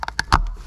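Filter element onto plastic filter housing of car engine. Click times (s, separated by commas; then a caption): 0.2 s. A new filter element is pushed onto the spigot of the plastic filter housing of a 2012 Volvo XC60 engine during a full service. A few light plastic ticks lead up to a sharp click at 0.2 s as it seats, followed by a duller knock and handling noise. The filter element is clicked into place on the housing.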